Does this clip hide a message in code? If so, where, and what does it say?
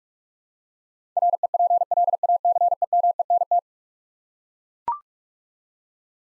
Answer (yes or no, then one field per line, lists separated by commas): yes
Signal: Morse code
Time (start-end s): 1.2-3.6 s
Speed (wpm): 41 wpm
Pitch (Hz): 700 Hz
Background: none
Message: REPLACEMENT